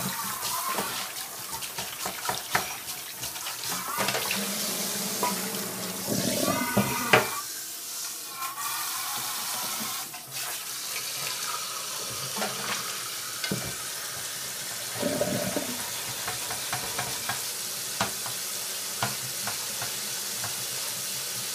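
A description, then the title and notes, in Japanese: Kitchen sounds from preparing food ahead of time for packed lunches: a steady bright hiss of running water or sizzling fills the whole stretch. Short clicks and clatters of utensils come often, with a louder scraping burst near seven seconds and a duller thump around fifteen. 環境音 弁当用につくりおき。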